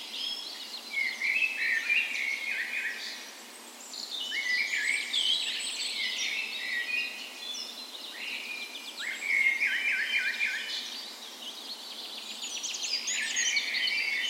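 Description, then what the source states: Dawn chorus: morning birdsong from many singers, lively chirped and trilled phrases in repeated bursts with brief softer pauses between them. Dawn chorus in a park west in Bergen, Norway, on the morning of 17 May, Norway's National Day, in spring; recorded with a Sony PCM A10 and LOM micro Usi mics as 'tree ears'.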